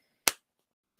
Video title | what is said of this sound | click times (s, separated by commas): Muppin's Sewing Emporium | there we go that's how you know it's working when you've got it snapped into place like that and | 0.3 s